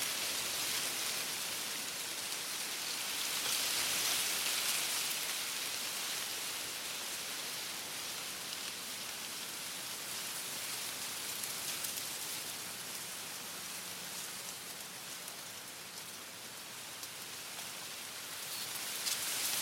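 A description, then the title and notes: Wind moves through bamboo in a dense, steady rustle and fine patter, bright, with no clear pauses. The sound swells slightly around four seconds, eases a little past the midpoint, and a faint low drone briefly appears near fifteen seconds. A gentle breeze blows through a bamboo forest, creating the soothing rustle, patter, and creaks of bamboo stalks.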